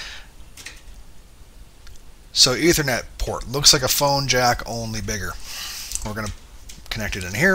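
An Ethernet (RJ45) cable plug is handled near a network port while someone talks, with a few faint clicks and handling sounds early in the clip. The plug has not seated or clicked into the port yet.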